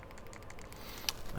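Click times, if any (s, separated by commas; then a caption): 1.1 s. A small metal bracket for the side button is pressed into its slot in an iPhone XS housing. It snaps into place with a sharp click at 1.1 s and is seated. Faint tapping sounds come before the click, and no one talks during the clip.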